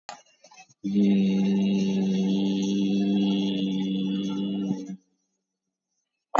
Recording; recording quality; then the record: sustained vowel as in beet; excellent, no background noise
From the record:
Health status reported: COVID-19 positive, mild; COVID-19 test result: positive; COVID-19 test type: RT-PCR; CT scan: taken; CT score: 5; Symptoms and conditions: fever, fatigue, muscle pain, hypertension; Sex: male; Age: 42 years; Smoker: yes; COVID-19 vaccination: one dose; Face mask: worn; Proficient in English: yes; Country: India